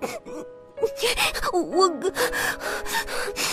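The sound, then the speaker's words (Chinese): A voice imitates a small child sobbing while being patted on the back, with sharp hiccuping gasps and breathy, wavering cries that rise and fall in pitch, repeating in uneven bursts over a few seconds. “小宝哭得直打嗝。”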